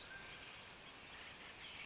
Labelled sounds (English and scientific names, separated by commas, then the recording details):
Mountain Quail (Oreortyx pictus)
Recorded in Sonoma County, California